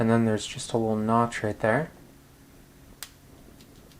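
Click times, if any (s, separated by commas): 3.0 s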